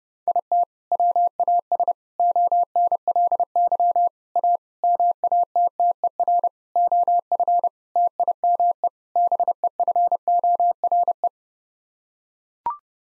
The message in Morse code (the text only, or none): IT WAS ONLY A MATTER OF TIME BEFORE